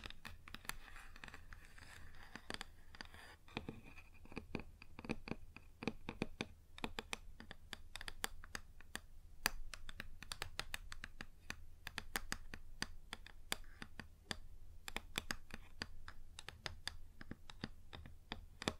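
Fingers tap and scratch on a wooden surface in a dense, irregular stream of sharp clicks and knocks, sounding much like fast typing. The sharp taps come several per second throughout, over a low steady hum, with a rougher scraping patch early on.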